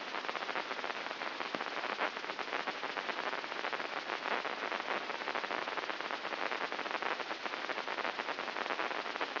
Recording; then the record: brain microelectrode recording played as sound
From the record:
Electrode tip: inside the subthalamic nucleus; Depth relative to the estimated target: -0.5 mm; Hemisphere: left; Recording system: AlphaMap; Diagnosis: Parkinson's disease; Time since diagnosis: 14 years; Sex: female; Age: 58 years